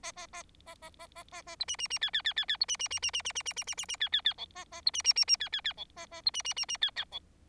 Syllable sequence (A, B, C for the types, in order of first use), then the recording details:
A A A A A A A A A B C C C D D D D D B C C C C C C C C C C C C D D D E A A B C C C C D D D E A A B C C C C D. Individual Bird4